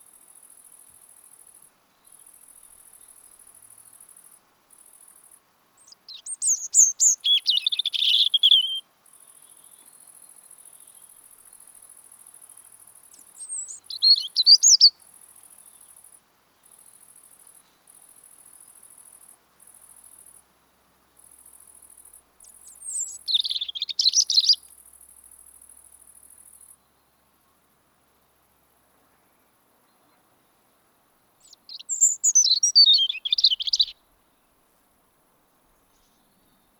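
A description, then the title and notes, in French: A European robin sings in autumn, delivering four short, high, thin phrases of trills and warbles around 6–8, 13–15, 23–25 and 31–34 seconds, with silence between. A faint steady high hiss, broken into pulses, runs underneath until about 27 seconds. Rouge-gorge familier d'automne - Sonothèque naturophonia oiseaux. Le Rouge-gorge (Erithacus rubecula). Il se remet à chanter actuellement avec l'apport de migrateurs nordiques.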